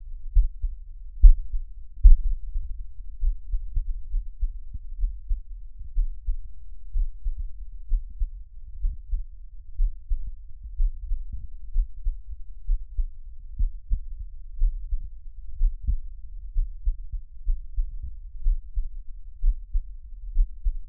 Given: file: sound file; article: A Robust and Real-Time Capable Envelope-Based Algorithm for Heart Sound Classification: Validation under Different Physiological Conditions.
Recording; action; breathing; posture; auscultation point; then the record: heart sounds by electronic stethoscope; rest; normal; sitting; Erb’s point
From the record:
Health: healthy, no known heart disease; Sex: male